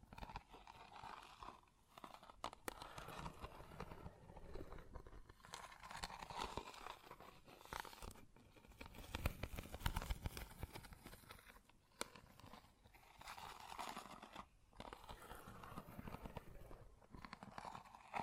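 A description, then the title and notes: Close-up metallic sounds clatter and scrape unevenly, with sharp ticks at irregular moments and louder, fuller rattling near the middle. ASMR Close Up Metallic Sounds (No Talking).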